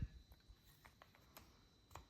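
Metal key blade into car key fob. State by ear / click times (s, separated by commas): not seated / none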